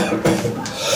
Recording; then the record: coughing mixed with background sound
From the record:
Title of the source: Cough Around the Clock!